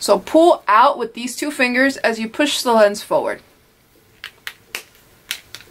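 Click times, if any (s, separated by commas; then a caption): 4.8 s, 5.3 s. Someone talks, then a lens is unseated from a Spy Touring sunglass frame by pulling the frame rim outward with two fingers while pushing the old lens forward. A series of short, sharp pops and clicks follows, with the lens popping out of the frame grooves at about 4.8 s and 5.3 s, releasing it from the frame.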